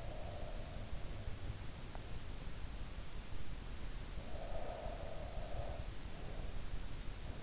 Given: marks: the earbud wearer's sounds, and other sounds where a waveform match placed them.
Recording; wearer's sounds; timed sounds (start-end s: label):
sounds in sleep by an in-ear microphone; breath
0.00-1.14 s: breath
4.11-6.02 s: breath